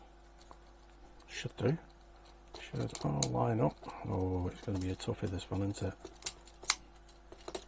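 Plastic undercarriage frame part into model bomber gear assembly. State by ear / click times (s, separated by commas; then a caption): seated / 6.7 s, 7.5 s. Plastic frame and gear parts of a scale model Lancaster Bomber B III undercarriage bay are lined up and pressed together, with the plastic undercarriage frame part going into the bomber's gear assembly while someone talks. Soft handling taps run under the speech. Sharp clicks at 6.7 s and 7.5 s mark the parts seating together.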